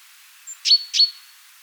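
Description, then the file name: Great tit call, a quick pair of sharp high notes, each trailing into a short thin whistle. "Parus major"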